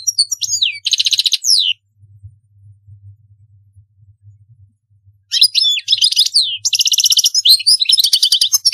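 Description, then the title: European goldfinch singing a short twittering phrase ending in a buzzy trill, then after a pause a longer run of chirps and rattling trills. "Chant Chardonneret"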